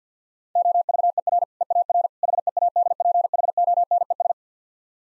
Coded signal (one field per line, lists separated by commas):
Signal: Morse code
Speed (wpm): 50 wpm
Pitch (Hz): 700 Hz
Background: none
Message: OVER EAR HEADPHONES